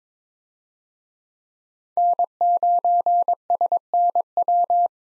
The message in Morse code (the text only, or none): N9SNW